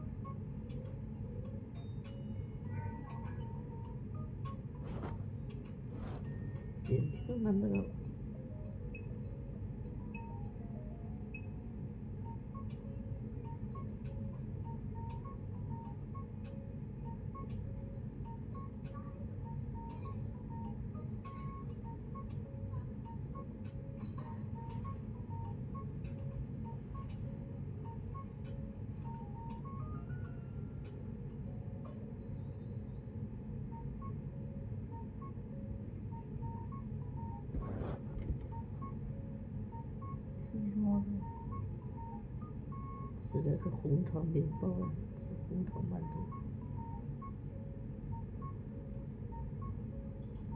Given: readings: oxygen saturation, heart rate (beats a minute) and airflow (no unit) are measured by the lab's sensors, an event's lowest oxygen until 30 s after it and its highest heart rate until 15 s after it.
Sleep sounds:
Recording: a person awake in a sleep study, by a smartphone at the bedside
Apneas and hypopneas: none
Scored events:
0.00-50.56 s: awake
0.00-50.56 s: awake
From the record:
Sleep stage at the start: awake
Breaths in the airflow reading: 18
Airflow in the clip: -0.7 to 0.6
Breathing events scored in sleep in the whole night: 496 in 5.4 hours asleep

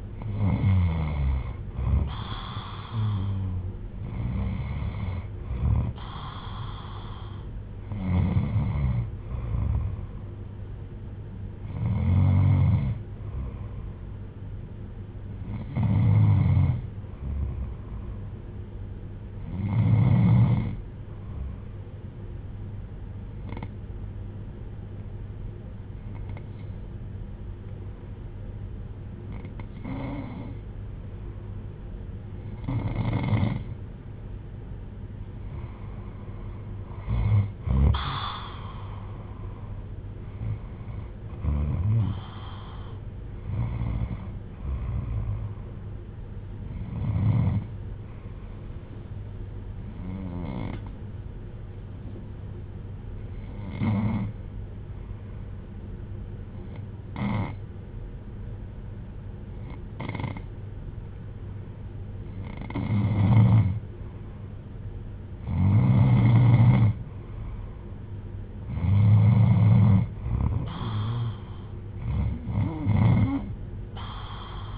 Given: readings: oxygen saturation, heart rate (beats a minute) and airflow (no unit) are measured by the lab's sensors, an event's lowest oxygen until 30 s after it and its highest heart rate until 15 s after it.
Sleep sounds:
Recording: breathing in sleep by a smartphone at the bedside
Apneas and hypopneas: 2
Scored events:
13.00-39.20 s: hypopnea (N2, oxygen 96% highest, then 93% lowest, heart rate 60 at the start, 62 highest)
52.00-74.78 s: new sleep stage, N1 (lightest sleep)
53.00-67.30 s: hypopnea (N1, oxygen 96% highest, then 91% lowest, heart rate 58 at the start, 61 highest)
From the record:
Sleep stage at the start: N2 (light sleep)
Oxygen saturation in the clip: 92 to 96%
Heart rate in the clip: 58 to 65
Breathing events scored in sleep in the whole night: 310 in 8.1 hours asleep

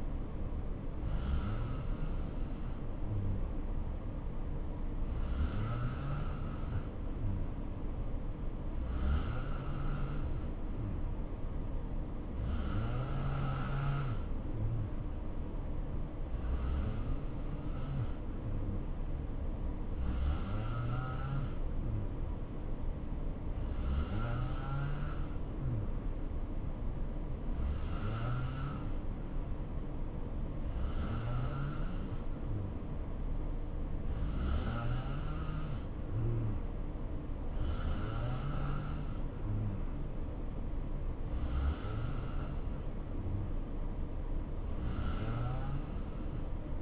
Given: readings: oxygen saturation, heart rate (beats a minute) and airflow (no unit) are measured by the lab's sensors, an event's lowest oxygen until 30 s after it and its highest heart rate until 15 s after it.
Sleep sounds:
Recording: breathing in sleep by a smartphone at the bedside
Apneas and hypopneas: none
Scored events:
21.00-46.81 s: new sleep stage, N3 (deep sleep)
From the record:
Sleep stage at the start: N2 (light sleep)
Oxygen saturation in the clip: 86 to 89%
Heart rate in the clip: 64 to 69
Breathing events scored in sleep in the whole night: 277 in 7.4 hours asleep

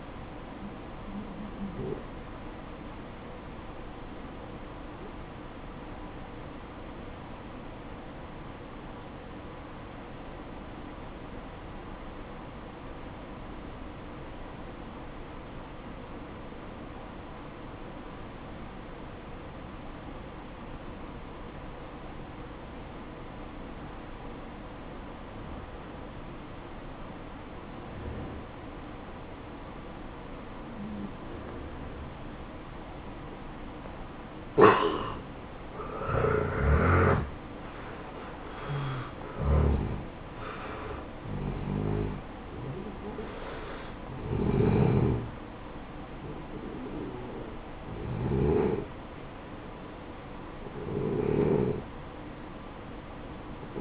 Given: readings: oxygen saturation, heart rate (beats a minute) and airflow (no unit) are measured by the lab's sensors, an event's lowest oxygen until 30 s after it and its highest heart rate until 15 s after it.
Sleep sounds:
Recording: breathing in sleep by a voice recorder at the bedside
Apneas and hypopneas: 1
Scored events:
9.00-34.10 s: obstructive apnea (N1, oxygen 95% highest, then 88% lowest, heart rate 56 at the start, 65 highest)
From the record:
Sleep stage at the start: N1 (lightest sleep)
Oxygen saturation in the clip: 88 to 95%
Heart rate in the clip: 56 to 65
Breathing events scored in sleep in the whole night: 573 in 9.8 hours asleep

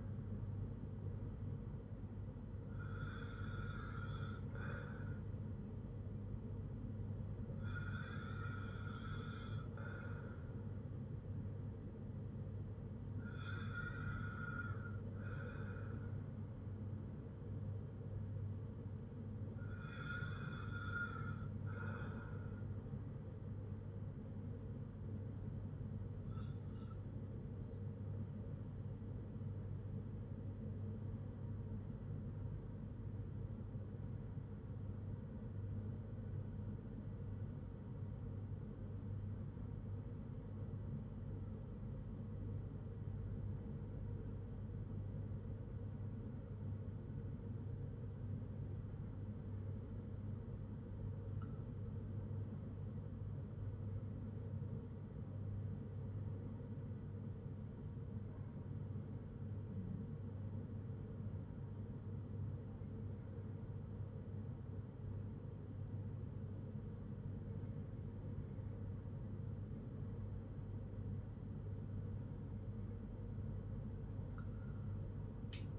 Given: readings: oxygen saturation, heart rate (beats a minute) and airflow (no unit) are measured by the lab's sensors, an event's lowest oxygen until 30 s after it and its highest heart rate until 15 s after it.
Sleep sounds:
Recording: breathing in sleep by a smartphone at the bedside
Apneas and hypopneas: 1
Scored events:
15.00-75.79 s: new sleep stage, REM sleep
27.00-64.10 s: hypopnea (REM, oxygen 96% highest, then 88% lowest, heart rate 60 at the start, 62 highest)
From the record:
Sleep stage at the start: N1 (lightest sleep)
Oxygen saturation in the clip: 88 to 96%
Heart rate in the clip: 57 to 64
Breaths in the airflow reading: 16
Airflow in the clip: -5.8 to 5.5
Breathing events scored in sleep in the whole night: 182 in 7.4 hours asleep

